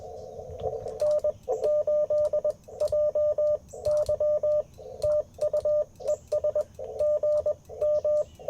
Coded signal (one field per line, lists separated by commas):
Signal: Morse code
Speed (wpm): 21 wpm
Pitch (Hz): 600 Hz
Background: radio noise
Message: N8JY TU ES GM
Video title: Morning Morse Code - 09/17/2024